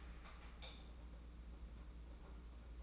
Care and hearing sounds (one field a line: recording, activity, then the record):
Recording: daily activity, microphone in the room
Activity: light on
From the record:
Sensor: 1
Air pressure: 991.9 hPa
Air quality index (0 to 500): 212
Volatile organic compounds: 1000 ppm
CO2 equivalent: 8244 ppm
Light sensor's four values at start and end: 10/22/9/10 and 12/32/13/13